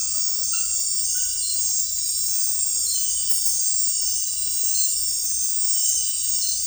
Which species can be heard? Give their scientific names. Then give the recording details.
none. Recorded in dense forest near Puerto Asís, Putumayo, Colombia, on 20 February 2024 at 03:00. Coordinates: 0.484, -76.317. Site G6464